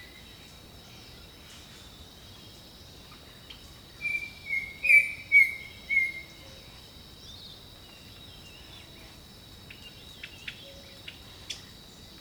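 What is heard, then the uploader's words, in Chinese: Birdsong in a jungle: a short run of four clear, bright whistled notes rings out around the four-to-six-second mark. A steady high insect drone and soft low rumble fill the background throughout, with a few faint chirps and ticks near the end. 大自然的声音-丛林鸟鸣。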